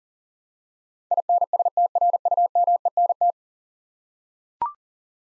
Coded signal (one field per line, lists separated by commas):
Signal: Morse code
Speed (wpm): 40 wpm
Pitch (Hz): 700 Hz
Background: none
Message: INSTRUMENT